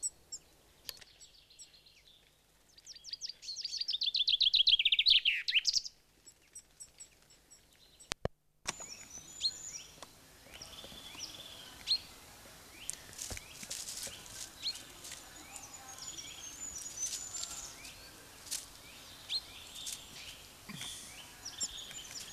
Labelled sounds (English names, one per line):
Common Chaffinch song